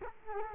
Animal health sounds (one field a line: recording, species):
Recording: mosquito wingbeat signal from an infrared sensor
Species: Culex quinquefasciatus